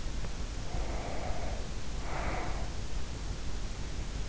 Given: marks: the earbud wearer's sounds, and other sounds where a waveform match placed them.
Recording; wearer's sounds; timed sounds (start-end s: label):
sounds in sleep by an in-ear microphone; breath
0.35-3.01 s: breath